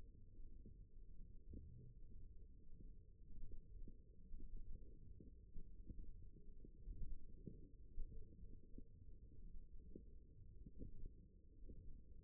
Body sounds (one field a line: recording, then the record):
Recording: forearm muscle sounds (acoustic myography)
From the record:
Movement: ulnar deviation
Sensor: system 1, eight BSWA MPA416 microphones around the upper forearm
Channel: 4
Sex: female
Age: 21 years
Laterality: right